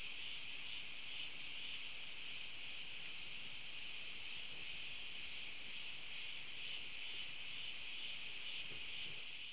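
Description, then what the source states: Crickets stridulating in a continuous high shimmering trill, pulsing about twice a second without pause throughout. Crickets outdoors, high-pitched stridulation.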